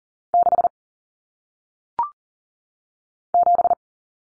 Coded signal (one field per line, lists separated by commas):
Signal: Morse code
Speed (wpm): 40 wpm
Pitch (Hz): 700 Hz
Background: none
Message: 6 7